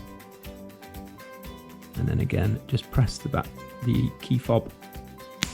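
The plastic halves of a VW T5 Transporter Caravelle key fob shell are pressed back together over a new coin battery, while someone talks over background music. A single sharp click at 5.4 s marks the case snapping shut.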